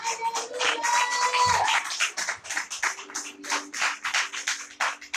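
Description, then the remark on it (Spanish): An audience applauds for the Lord during a sermon for several seconds, many hands clapping in a dense, uneven patter that swells and dips, with a few faint sustained tones beneath it and no speech. “Dale una aplauso, Señor.”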